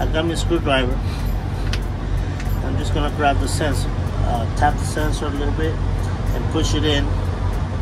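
Someone talks while handling the ABS wheel speed sensor on a 2021 Freightliner Cascadia truck, using a diamond screwdriver to tap the sensor and push it back into its holder bushing at the wheel end, because it had popped out and would no longer make contact with the wheel. A steady low hum runs underneath, with a brief sharp sound at about 1.7 s. Nothing has seated or clicked yet.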